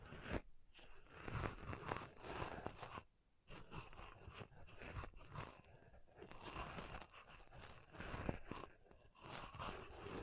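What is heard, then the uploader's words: Pom poms are squeezed and rubbed in a dense, crackling rustle that runs almost without pause, rising and falling in small swells. The texture is crisp and crunchy, with sharper crinkles here and there, and a short near-silent break just after three seconds. ASMR Ultimate Pom Pom Tingles (No Talking).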